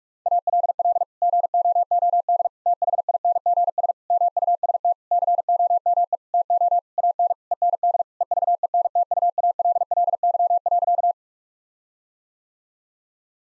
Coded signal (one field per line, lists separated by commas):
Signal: Morse code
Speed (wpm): 46 wpm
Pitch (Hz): 700 Hz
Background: none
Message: ALL GOOD THINGS MUST COME TO AN END EVENTUALLY.